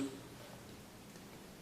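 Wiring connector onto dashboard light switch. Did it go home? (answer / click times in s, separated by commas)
no / none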